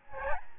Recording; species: mosquito wingbeat signal from an infrared sensor; Aedes albopictus